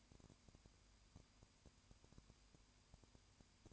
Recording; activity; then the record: daily activity, microphone in the room; no activity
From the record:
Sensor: 2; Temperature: 20.8 degrees Celsius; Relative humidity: 38.2%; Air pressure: 1010.4 hPa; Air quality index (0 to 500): 200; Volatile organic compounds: 19 ppm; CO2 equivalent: 2649 ppm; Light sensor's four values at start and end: 2/3/2/2 and 2/3/2/2